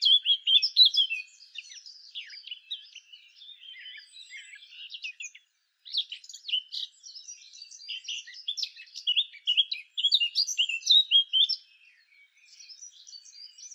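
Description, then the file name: Eurasian blackcap warbling song, quick varied chirpy notes in loud bursts, a short pause midway, then more rapid twittering phrases. "Sylvia atricapilla"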